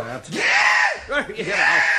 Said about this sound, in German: Ich schrei, so laut ich kann, schrei ich jetzt mal. Pass mal auf.